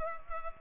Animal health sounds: mosquito wingbeat signal from an infrared sensor; Culex pipiens

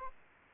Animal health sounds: mosquito wingbeat signal from an infrared sensor; Anopheles arabiensis

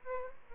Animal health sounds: mosquito wingbeat signal from an infrared sensor; Aedes albopictus

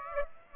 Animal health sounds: mosquito wingbeat signal from an infrared sensor; Aedes aegypti

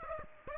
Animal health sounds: mosquito wingbeat signal from an infrared sensor; Aedes aegypti

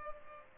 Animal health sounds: mosquito wingbeat signal from an infrared sensor; Culex pipiens

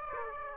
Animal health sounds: mosquito wingbeat signal from an infrared sensor; Aedes aegypti

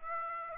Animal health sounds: mosquito wingbeat signal from an infrared sensor; Aedes aegypti

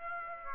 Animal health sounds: mosquito wingbeat signal from an infrared sensor; Aedes aegypti

